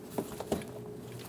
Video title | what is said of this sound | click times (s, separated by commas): How to Replace Fuel Pump Lock Ring 2016-2025 Chevrolet Malibu 1.5L L4 | Push until you hear a click. Give it a push back. | 0.5 s